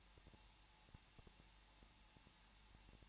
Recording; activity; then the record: daily activity, microphone in the room; no activity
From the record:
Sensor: 1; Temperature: 20.0 degrees Celsius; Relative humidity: 39.4%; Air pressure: 1006.4 hPa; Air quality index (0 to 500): 219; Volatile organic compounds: 83 ppm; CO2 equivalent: 3632 ppm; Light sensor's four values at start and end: 1/2/1/1 and 1/2/1/1